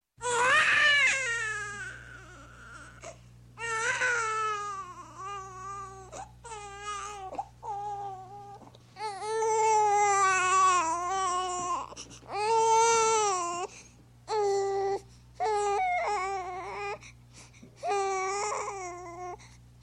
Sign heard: Baby Crying.